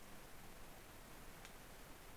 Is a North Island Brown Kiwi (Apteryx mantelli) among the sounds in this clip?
no